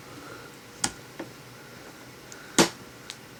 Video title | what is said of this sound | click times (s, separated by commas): how to install a cpu gpu and Ram p1 | oh freaking finally it decides to snap into place | 0.8 s, 2.6 s